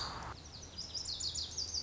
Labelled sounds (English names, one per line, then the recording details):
Lazuli Bunting
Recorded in Sonoma County, California